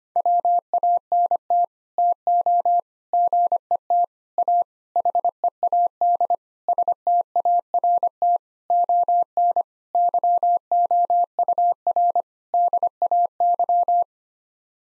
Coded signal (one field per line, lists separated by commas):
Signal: Morse code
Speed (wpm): 25 wpm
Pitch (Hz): 700 Hz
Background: none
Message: WANT TO GET A HEAD START ON YOUR DAY